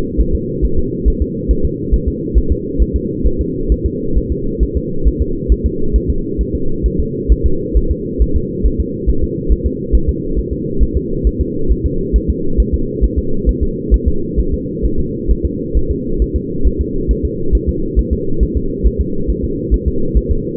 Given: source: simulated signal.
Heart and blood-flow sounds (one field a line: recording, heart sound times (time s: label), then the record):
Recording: fetal heart sounds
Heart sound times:
0.21 s: S1
0.35 s: S2
0.65 s: S1
0.79 s: S2
1.08 s: S1
1.22 s: S2
1.51 s: S1
1.65 s: S2
1.94 s: S1
2.08 s: S2
2.38 s: S1
2.52 s: S2
2.82 s: S1
2.96 s: S2
3.27 s: S1
3.41 s: S2
3.72 s: S1
3.86 s: S2
4.18 s: S1
4.32 s: S2
4.63 s: S1
4.77 s: S2
5.07 s: S1
5.22 s: S2
5.52 s: S1
5.66 s: S2
5.96 s: S1
6.10 s: S2
6.41 s: S1
6.55 s: S2
6.86 s: S1
7.00 s: S2
7.32 s: S1
7.46 s: S2
7.77 s: S1
7.91 s: S2
8.22 s: S1
8.36 s: S2
8.66 s: S1
8.80 s: S2
9.09 s: S1
9.24 s: S2
9.52 s: S1
9.66 s: S2
9.95 s: S1
10.09 s: S2
10.39 s: S1
10.53 s: S2
10.83 s: S1
10.97 s: S2
11.27 s: S1
11.41 s: S2
11.72 s: S1
11.86 s: S2
12.16 s: S1
12.30 s: S2
12.60 s: S1
12.74 s: S2
13.04 s: S1
13.18 s: S2
13.49 s: S1
13.63 s: S2
13.94 s: S1
14.08 s: S2
14.40 s: S1
14.54 s: S2
14.85 s: S1
15.00 s: S2
15.31 s: S1
15.45 s: S2
15.77 s: S1
15.91 s: S2
16.22 s: S1
16.36 s: S2
16.67 s: S1
16.81 s: S2
17.11 s: S1
17.25 s: S2
17.55 s: S1
17.69 s: S2
17.99 s: S1
18.13 s: S2
18.43 s: S1
18.57 s: S2
18.87 s: S1
19.01 s: S2
19.30 s: S1
19.44 s: S2
19.74 s: S1
19.88 s: S2
20.17 s: S1
20.31 s: S2
From the record:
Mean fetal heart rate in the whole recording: 135 bpm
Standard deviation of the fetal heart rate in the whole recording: 3 bpm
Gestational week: 34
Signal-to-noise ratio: -8.1 dB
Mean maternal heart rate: 72 bpm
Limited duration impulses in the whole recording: absent